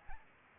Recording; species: mosquito wingbeat signal from an infrared sensor; Aedes albopictus